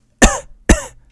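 Two short, sharp coughs about half a second apart, each an abrupt harsh burst that fades quickly, with a faint low hum behind them. A plain adult male cough.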